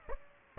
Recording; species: mosquito wingbeat signal from an infrared sensor; Aedes aegypti